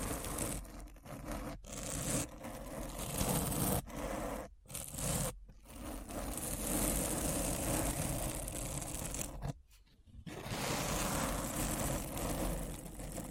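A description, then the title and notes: Deep brain scratch: a dense, rough scraping noise that fills the low and middle range almost continuously. The grinding texture churns without a steady rhythm, broken by brief silent cuts near 1.6, 4.5, 5.4 seconds and a longer gap around 9.8 seconds. ASMR Deep Brain Scratch (No Talking).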